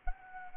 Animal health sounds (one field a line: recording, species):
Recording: mosquito wingbeat signal from an infrared sensor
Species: Anopheles arabiensis